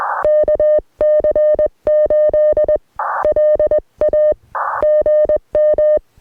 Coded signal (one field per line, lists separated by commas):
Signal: Morse code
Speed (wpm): 20 wpm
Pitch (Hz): 610 Hz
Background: none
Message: KC8 LA GM